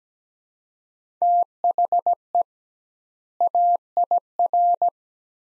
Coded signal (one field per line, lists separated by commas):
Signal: Morse code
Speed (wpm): 17 wpm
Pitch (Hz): 700 Hz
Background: none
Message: THE AIR